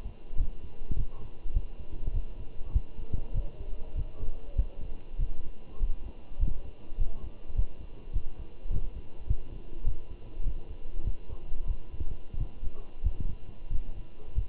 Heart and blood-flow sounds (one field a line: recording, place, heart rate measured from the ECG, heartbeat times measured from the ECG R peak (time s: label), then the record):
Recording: heart sounds by stethoscope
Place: between the tricuspid and mitral areas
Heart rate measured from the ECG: 99 bpm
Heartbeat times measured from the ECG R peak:
0.38 s: heartbeat
0.97 s: heartbeat
1.54 s: heartbeat
2.14 s: heartbeat
2.73 s: heartbeat
3.34 s: heartbeat
3.96 s: heartbeat
4.56 s: heartbeat
5.19 s: heartbeat
5.80 s: heartbeat
6.40 s: heartbeat
6.98 s: heartbeat
7.56 s: heartbeat
8.13 s: heartbeat
8.71 s: heartbeat
9.27 s: heartbeat
9.85 s: heartbeat
10.44 s: heartbeat
11.04 s: heartbeat
11.68 s: heartbeat
12.38 s: heartbeat
13.04 s: heartbeat
13.71 s: heartbeat
14.36 s: heartbeat
From the record:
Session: walking at 3.7 km/h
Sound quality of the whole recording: good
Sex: male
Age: 23 years